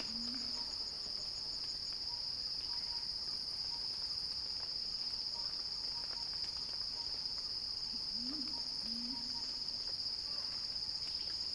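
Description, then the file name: Cicada song, a level piercing whine, with a low call at the start and a pair of low calls toward the end. Cicada song rising in a crescendo. "Axel-Drioli Cicada-Crescendo-Sounding-Wild"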